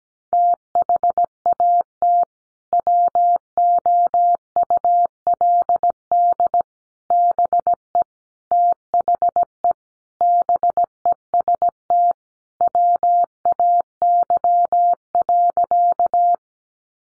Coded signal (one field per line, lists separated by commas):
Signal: Morse code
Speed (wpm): 17 wpm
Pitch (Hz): 700 Hz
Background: none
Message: THAT WOULD BE THE BEST WAY.